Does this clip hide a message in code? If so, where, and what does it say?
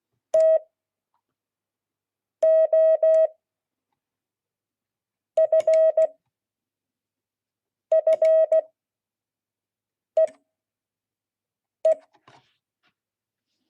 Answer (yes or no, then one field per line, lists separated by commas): yes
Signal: Morse code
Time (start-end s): 0.3-11.9 s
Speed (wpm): 16 wpm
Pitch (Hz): 640 Hz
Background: none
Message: TOFFEE